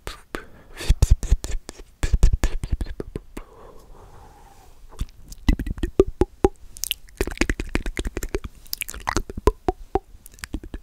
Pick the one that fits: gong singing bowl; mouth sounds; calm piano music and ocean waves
mouth sounds